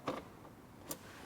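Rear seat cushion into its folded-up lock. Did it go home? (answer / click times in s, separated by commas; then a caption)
yes / 0.1 s, 0.9 s. A folded-up rear seat cushion in a Ford F150 Lariat latches into its locked position with two sharp clicks at 0.1 s and 0.9 s. The cushion is seated and locked, so it won't lift up.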